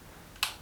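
After first failing to engage it, the safety catch inside the trigger guard of a Remington Vought air pistol is pushed until it clicks on. Over quiet background, a single very light, sharp click is heard at 0.4 s. The click is slight and hardly felt, but the safety is engaged.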